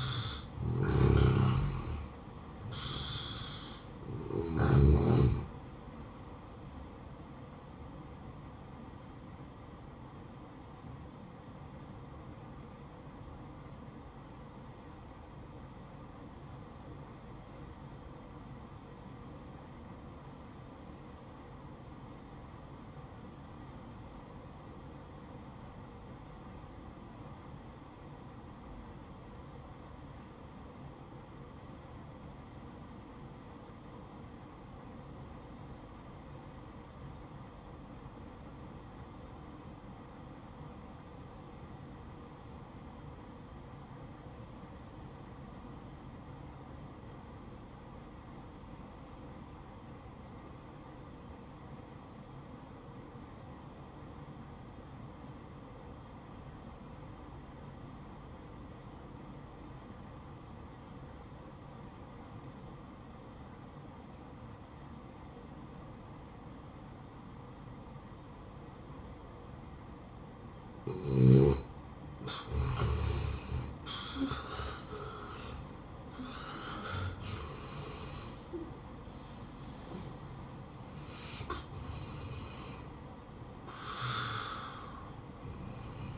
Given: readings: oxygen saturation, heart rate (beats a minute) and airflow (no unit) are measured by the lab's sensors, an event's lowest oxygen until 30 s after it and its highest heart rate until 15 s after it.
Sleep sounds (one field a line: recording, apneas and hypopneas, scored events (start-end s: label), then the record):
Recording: breathing in sleep by a smartphone at the bedside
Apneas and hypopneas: 1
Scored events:
7.00-86.18 s: new sleep stage, N1 (lightest sleep)
10.00-73.10 s: obstructive apnea (N1, oxygen 95% highest, then 72% lowest, heart rate 69 at the start, 88 highest)
From the record:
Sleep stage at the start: N2 (light sleep)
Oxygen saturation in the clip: 74 to 95%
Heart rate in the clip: 54 to 88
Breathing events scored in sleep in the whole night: 573 in 9.8 hours asleep